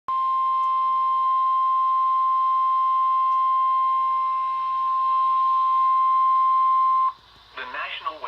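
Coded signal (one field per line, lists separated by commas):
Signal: Emergency Alert System (SAME) tones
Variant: 1050 Hz attention tone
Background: speech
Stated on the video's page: Severe thunderstorm warning from a NOAA weather radio station in Columbus, Ohio.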